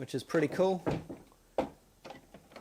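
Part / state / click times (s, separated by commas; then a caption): lid support stay on a toolbox lid / seated / 1.6 s. Someone talks as a toolbox lid is opened, and its support stay, which is released by a little red button, locks into place automatically with a sharp click at 1.6 s. A few fainter knocks follow, and the stay is left seated.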